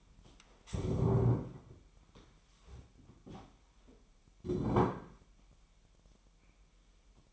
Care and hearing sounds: daily activity, microphone in the room; stand up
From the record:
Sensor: 1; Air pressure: 998.6 hPa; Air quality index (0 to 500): 117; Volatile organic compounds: 3 ppm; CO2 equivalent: 1403 ppm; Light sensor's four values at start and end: 7/17/7/8 and 7/17/7/8

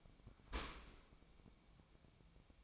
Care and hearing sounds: daily activity, microphone in the room; open dishwasher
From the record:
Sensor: 1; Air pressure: 1003.1 hPa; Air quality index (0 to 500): 195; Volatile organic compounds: 6 ppm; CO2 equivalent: 1869 ppm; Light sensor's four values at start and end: 19/46/19/23 and 19/46/19/23

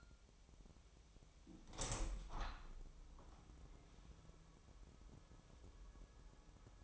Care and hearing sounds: daily activity, microphone in the room; open window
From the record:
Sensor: 1

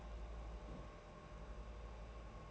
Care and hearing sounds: daily activity, microphone in the room; place on stove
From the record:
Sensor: 2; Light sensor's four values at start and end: 18/57/22/20 and 18/57/22/20

